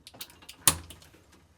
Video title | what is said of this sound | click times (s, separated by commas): GE Fridge not cooling? How to replace Defrost Thermostat part # WR50X10108 on your GE Refrigerator | install the new thermostat onto the refrigerant tube by pressing until it snaps into place | 0.7 s